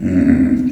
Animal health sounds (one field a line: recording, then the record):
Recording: squeal of a Yucatan mini pig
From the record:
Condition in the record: after surgery on the right vocal fold (resection and tissue-engineered implant)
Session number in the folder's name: 4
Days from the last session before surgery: 26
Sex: female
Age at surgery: 19 weeks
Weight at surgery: 25 kg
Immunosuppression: prednisolone